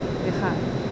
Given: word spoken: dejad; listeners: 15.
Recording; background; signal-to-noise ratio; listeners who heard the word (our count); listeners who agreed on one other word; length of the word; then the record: one Spanish word in noise, from a listening test; speech-shaped noise; -4.2 dB; 0 of 15; 13 of 15; 0.51 s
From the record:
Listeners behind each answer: 13, 1, 1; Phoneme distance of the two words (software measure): 10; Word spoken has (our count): 2 syllables, 5 phonemes, stress on syllable 2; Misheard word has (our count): 2 syllables, 5 phonemes, stress on syllable 2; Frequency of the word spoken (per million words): 0.97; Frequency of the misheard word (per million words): 147.47